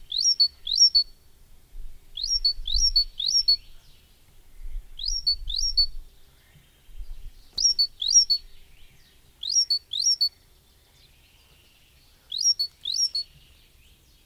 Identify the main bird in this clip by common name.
Coal Tit